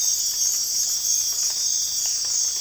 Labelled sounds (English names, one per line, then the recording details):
none
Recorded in dense forest near Puerto Asís, Putumayo, Colombia, on 26 December 2024 at 04:00
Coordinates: 0.484, -76.325
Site G056